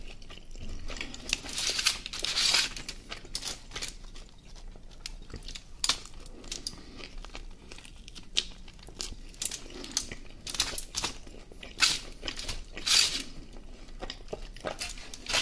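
Eating of a döner. Crisp, bright bites and crunches land every few seconds, strongest around 2, 6, 10 and 13 seconds, with soft wet chewing and mouth sounds filling the gaps between them.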